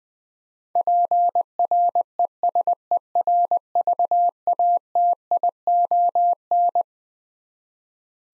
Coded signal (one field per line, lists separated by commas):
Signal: Morse code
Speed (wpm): 21 wpm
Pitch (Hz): 700 Hz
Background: none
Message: PRESERVATION